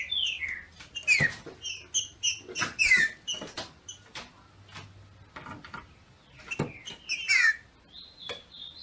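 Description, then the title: Green-winged saltator song of repeated falling whistled notes in short bursts, accompanied by dense clicking and tapping noises. Female singing a male-like song (macheando) to stimulate the male. "FÊ MEA DE TRINCA FERRO MACHEANDO PARA ESQUENTAR O MACHO"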